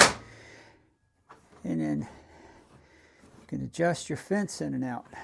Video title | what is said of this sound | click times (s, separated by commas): Upgrading to an Evolution Table Saw - Setup Details Others Skip | push it down. You can hear it click. | 0.0 s